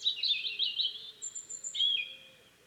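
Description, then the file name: European robin song, a continuous, high, liquid warble with a thin drawn-out whistle and a sliding ending. "Erithacus rubecula"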